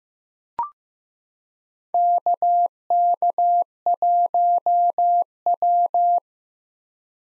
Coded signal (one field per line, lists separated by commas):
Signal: Morse code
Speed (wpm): 16 wpm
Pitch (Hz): 700 Hz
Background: none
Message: KK1W